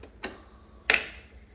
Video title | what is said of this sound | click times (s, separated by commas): Amazon Blisset Shoe Storage Boxes | hear it click in like that | 0.9 s